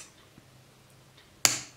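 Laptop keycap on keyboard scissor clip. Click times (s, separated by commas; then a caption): 1.4 s. A screwdriver is slid under the top edge of the D keycap on an HP ProBook laptop keyboard and levered up. At 1.5 seconds the plastic keycap unclips from its scissor clip with a sharp click that fades out over the next few tenths of a second. The keycap is released; before that only faint low noise is heard.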